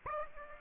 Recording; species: mosquito wingbeat signal from an infrared sensor; Aedes aegypti